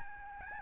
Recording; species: mosquito wingbeat signal from an infrared sensor; Aedes albopictus